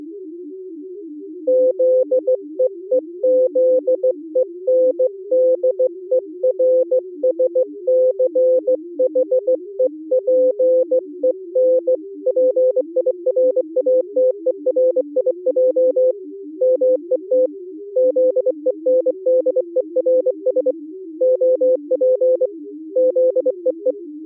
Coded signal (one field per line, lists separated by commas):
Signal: Morse code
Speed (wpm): 23 wpm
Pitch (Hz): 510 Hz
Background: music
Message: ZEEZENDERSCHEPENPIRATERIJ MET ZENDERS OP ZEE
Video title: Daily Minutes, December 2nd, 2015, with low level Contestia data and 8PSK500